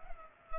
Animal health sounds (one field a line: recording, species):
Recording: mosquito wingbeat signal from an infrared sensor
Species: Culex pipiens